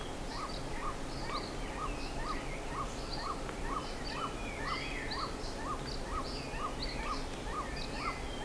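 Bird calls: a short, clipped note repeated about twice a second, steady, with higher chirps scattered above it and a constant rushing background noise.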